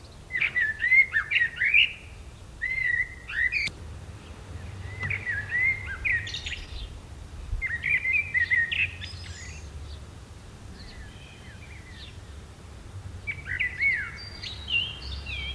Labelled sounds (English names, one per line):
Common Blackbird song